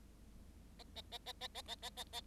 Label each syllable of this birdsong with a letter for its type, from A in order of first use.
A A A A A A A A A A